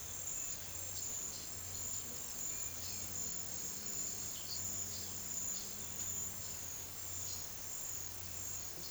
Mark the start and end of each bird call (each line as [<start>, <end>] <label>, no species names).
[4.30, 4.66] bird call